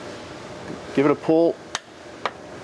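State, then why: Torque reached. Under a 2003 PT Cruiser GT 2.4L with the engine blocked, a torque wrench on a crow's foot is pulled on a flywheel/flexplate bolt during a modular clutch and slave cylinder installation. After someone talks, sharp clicks are heard at 1.8 s and 2.3 s as the wrench clicks at its 65 lb-ft setting.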